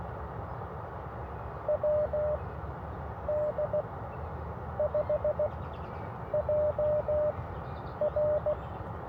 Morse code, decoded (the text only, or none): WD5JR